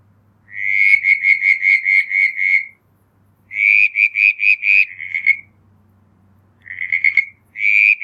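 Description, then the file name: Southern brown tree frog calling in pulsed series of several notes separated by short pauses, over a faint low hum. "Litoria ewingii"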